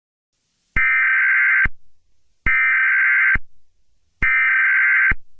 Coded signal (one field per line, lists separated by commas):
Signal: Emergency Alert System (SAME) tones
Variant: header bursts